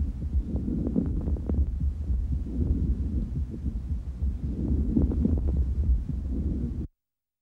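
Loud, hollow-sounding breaths rise and fall in repeated cycles over an adult chest heard by stethoscope, with many brief, fine crackling clicks scattered through them: fine crackles heard with bronchial breath sounds.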